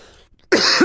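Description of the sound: A single loud, harsh cough after brief quiet, acted by the character Jean in a narrated story as he says he is not feeling well and starts coughing.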